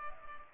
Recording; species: mosquito wingbeat signal from an infrared sensor; Culex pipiens